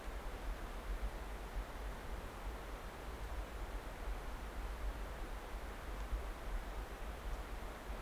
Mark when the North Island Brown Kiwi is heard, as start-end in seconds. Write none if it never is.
none